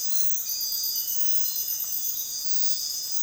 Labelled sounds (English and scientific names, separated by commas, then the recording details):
none
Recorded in dense forest near Puerto Asís, Putumayo, Colombia, on 20 February 2024 at 06:00
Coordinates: 0.502, -76.326
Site G6460